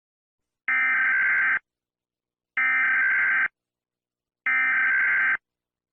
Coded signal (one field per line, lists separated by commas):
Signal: Emergency Alert System (SAME) tones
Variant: header bursts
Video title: eas scenario/mock F from alphabet lore invasion